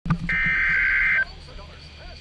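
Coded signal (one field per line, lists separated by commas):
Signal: Emergency Alert System (SAME) tones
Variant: header bursts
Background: speech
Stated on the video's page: Severe Thunderstorm Warning from the National Weather Service on weather radio stations, recorded with a Canon EOS Rebel SL3 and Rode VideoMic Pro.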